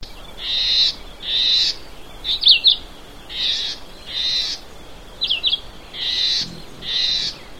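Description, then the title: Red-eyed vireo singing a steady series of brief high phrases, roughly one per second, mostly burry warbles with occasional crisp quick slurred notes, against light background noise. Subspecies chivi of the Red-eyed vireo. "LuckyPassaro Completos2Sama. Red-eyed Vireo (Vireo olivaceus chivi)"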